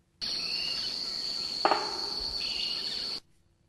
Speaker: And so the first cut we have is a double knock sound from the robust woodpecker in South America